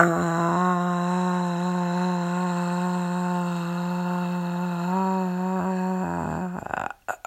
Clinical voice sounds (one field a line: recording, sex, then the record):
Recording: sustained vowel /a/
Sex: female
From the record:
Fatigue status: no fatigue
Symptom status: symptomatic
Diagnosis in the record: COVID-19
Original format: m4a